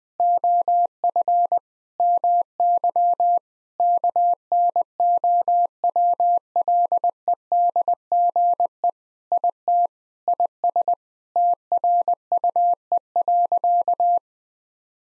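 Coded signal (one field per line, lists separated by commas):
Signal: Morse code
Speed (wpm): 21 wpm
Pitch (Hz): 700 Hz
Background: none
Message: OF MY KNOWLEDGE IT IS TRUE.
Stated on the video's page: Morse practice sentences with common six-word phrases at 20 wpm, each sent, then spoken, then sent again.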